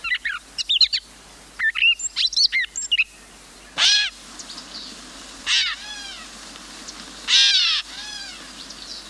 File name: graycatbird